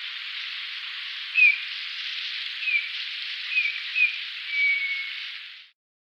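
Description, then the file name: Eurasian bullfinch with a handful of quiet falling whistles and one longer flat note near the end, set in a continuous hiss that stops abruptly. "gimpel"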